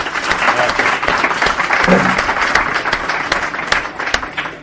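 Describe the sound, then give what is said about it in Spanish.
An audience applauds steadily for several seconds to welcome a guest, a dense, even wash of many hands clapping at once, loud and sustained with no voices standing out. “Bienvenido, buenas noches, aplauso para ti.”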